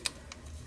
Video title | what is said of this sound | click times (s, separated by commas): How to fix Broken Galaxy S4 - Front LCD Panel replacement | snap it in and you hear it | 0.1 s, 0.3 s